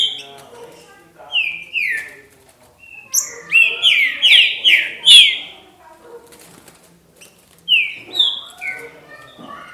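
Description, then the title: Green-winged saltator song: whistled notes, each sliding down in pitch, in short groups separated by pauses. "Trinca Ferro"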